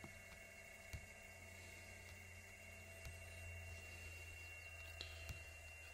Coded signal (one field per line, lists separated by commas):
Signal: PSK31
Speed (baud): 31.25 baud